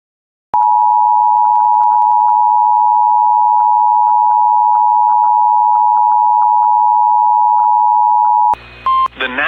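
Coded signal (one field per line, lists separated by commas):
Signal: Emergency Alert System (SAME) tones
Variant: 853 and 960 Hz attention tone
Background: speech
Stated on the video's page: Relays of weather alerts recorded from WJON-IP Weatherscan on MyTuner Radio, with valid EAS tones.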